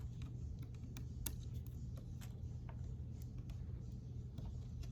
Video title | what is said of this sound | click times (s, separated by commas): Lenovo Yoga 11e Gen 5 Reassemble Laptop | Snaps in place. The camera's loose, | 1.3 s